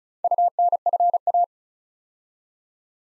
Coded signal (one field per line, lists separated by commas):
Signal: Morse code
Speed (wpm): 36 wpm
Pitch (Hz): 700 Hz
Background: none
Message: UNFA